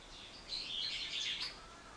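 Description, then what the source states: Bird giving a single quick chattering phrase of high, squeaky notes lasting about a second. Recorded 24 March 2023.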